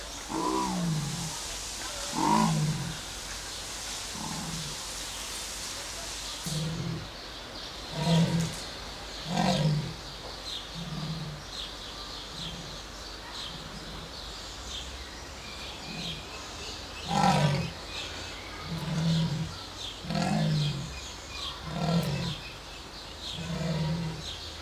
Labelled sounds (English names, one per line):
Leopard call